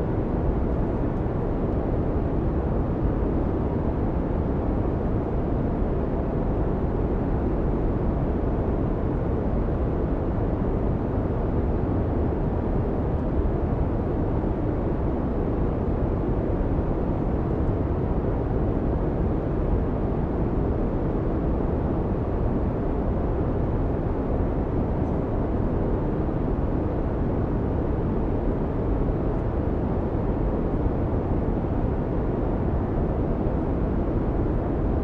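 Steady, unbroken roar inside an airplane cabin, heavy in the low end and fading off toward the top. The level stays flat for the whole stretch with no distinct events, just a dense, even rumble close around the listener.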